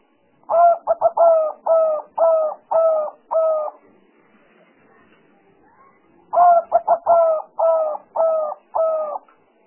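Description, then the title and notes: Spotted Dove cooing, two series each opening with quick stuttering coos, then steady, evenly spaced hollow coos, with a pause of a few seconds between series. Compilation of calls used as a lure for trapping. "Pikat Burung Tekukur. Kumpulan suara burung tekukur"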